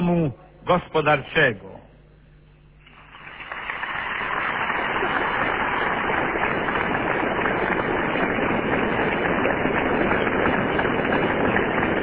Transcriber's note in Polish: oklaski